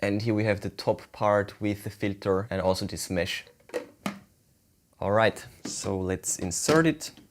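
Someone talks while handling the removable water tank assembly, a plastic tank with a filter top and mesh, of a 2023 Anker Mach V1 Ultra all-in-one wet-dry vacuum, getting ready to insert it into the vacuum body. Two brief knocks are heard around 3.7 s and 4.1 s during a pause in the talk. The clip ends before the tank goes home, and nothing has seated or clicked yet.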